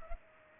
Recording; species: mosquito wingbeat signal from an infrared sensor; Culex pipiens